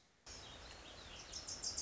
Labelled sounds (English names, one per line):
Wilson's Warbler